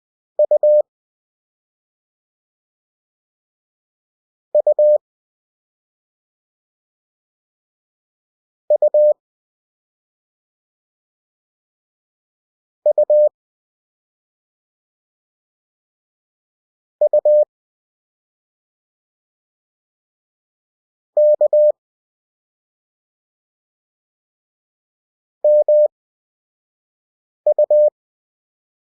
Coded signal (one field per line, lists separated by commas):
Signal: Morse code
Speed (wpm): 20 wpm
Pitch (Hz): 600 Hz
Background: none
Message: U U U U U K MU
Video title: Lesson 2. CW Practice 5WPM at 20WPM Character Speed. Morse Code for Beginners